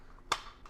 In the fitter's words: Locked and loaded.